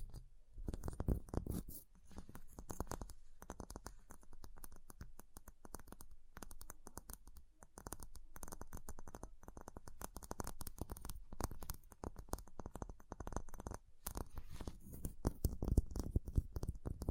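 Ice is tapped, scratched and carved in a dense, busy stream of clicks and scrapes running the full seventeen seconds. The hits come fast and irregular with no real pauses, mixing low thuds with crisp, bright ticks, and a few sharper strikes stand out near the end.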